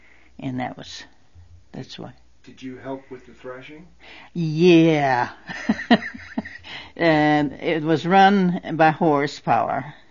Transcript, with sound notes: And that was this way.
Did you help with the thrashing?
Yeah. (She laughs.) It was run by horse power